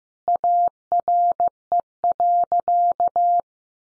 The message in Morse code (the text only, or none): ARE.